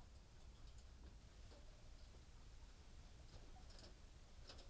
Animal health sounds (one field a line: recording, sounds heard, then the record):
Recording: poultry house recording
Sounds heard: healthy chickens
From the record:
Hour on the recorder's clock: 18